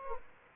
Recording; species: mosquito wingbeat signal from an infrared sensor; Anopheles gambiae